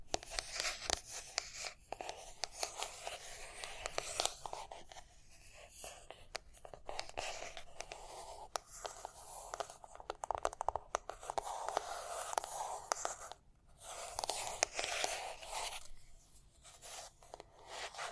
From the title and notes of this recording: Tapping and Scratching (No Talking).